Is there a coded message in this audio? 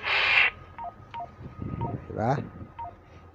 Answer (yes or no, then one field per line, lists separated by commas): no